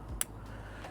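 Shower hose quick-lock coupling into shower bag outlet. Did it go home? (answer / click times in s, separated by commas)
yes / 0.2 s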